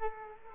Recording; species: mosquito wingbeat signal from an infrared sensor; Culex quinquefasciatus